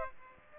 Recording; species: mosquito wingbeat signal from an infrared sensor; Aedes aegypti